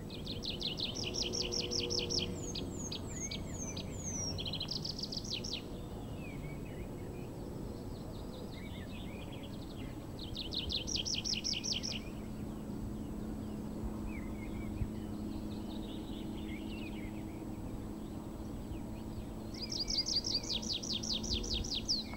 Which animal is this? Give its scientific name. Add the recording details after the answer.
Anthus trivialis. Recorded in the wild. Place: Gerlitzen, Kärnten, AT. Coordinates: 46.693, 13.917. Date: 1971-05-12. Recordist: Brunner, Thomas